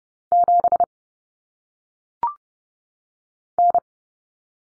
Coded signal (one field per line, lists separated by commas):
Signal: Morse code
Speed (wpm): 30 wpm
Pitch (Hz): 700 Hz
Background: none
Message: 7 N